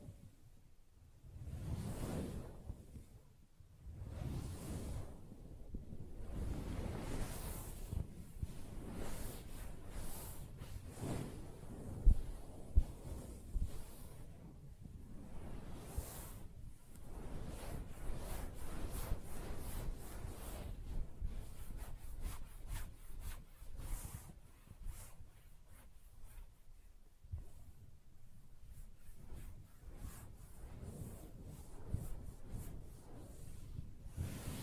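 Soft tapping and scratching on a fabric surface, a dense run of muffled rubs and swishes with low thumps throughout. Sharper taps cluster around twelve and sixteen seconds, and after about twenty seconds quick scratchy strokes grow thicker and brighter.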